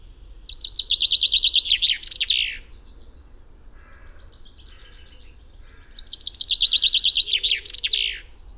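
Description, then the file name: Common chaffinch song: two bright trilled phrases, each ending in a quick flourish, about five seconds apart, with a faint low rumble beneath. "Fringilla coelebs"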